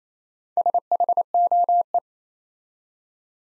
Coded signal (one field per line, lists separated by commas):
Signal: Morse code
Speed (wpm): 27 wpm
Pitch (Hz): 700 Hz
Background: none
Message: SHOE